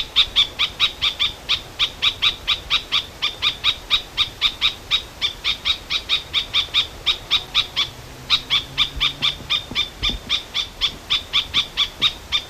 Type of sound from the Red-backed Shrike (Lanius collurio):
call